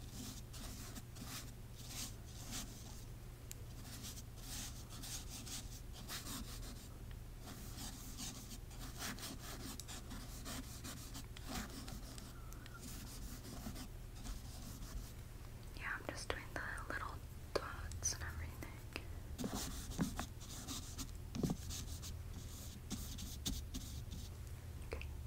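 Close, soft rubbing and brushing strokes, as if painting on a face, repeat steadily throughout over a constant low hum. After about fifteen seconds the strokes turn busier, with sharper taps, clicks and a few brief rising squeaks near the microphone.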